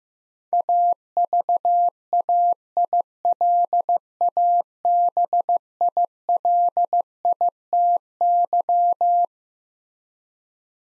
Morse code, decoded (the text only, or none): AVAILABILITY